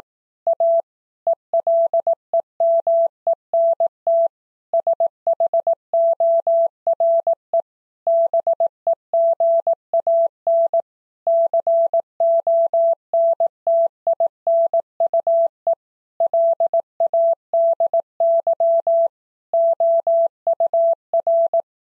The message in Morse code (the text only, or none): A ELEMENT SHORE BEGAN CONTINUE LADY OUR